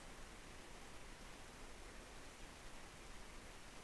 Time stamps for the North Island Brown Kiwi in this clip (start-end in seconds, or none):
none